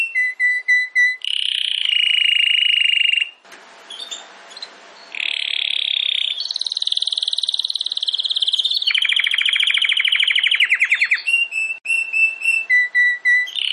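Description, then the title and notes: Domestic canary song: long rolling trills, steady whistled tones and fast chopped bursts, briefly broken by a softer scratchy passage, then ending on short repeated whistled notes. Belgian canary singing; the bird or its song is called Campainha. "Canário Belga Campainha Canary Singing. Canario Belga Cantando"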